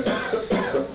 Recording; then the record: coughing mixed with background sound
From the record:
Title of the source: Residual Phlegmy Morning Coughing and Gagging